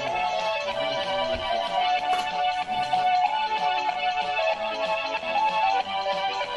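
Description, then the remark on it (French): A phone ringtone plays a bright electronic melody, its tones repeating steadily at an even loudness for several seconds, with no one speaking over it. “ou mon téléphone”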